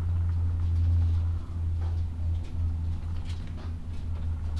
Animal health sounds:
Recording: poultry house recording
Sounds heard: sick chickens (respiratory disease)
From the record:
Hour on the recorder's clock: 13

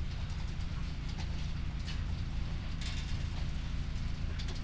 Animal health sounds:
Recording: poultry house recording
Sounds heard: sick chickens (respiratory disease)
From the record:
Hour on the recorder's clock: 2

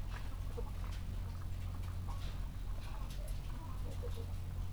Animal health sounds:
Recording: poultry house recording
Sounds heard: sick chickens (respiratory disease)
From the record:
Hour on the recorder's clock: 13

